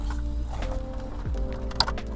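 A plastic multi-pin wiring harness connector is pushed further into a Toyota's factory radio connector after a failed attempt, over steady background music and low handling noise. It latches with a sharp click at 1.8 s, and it is confirmed seated.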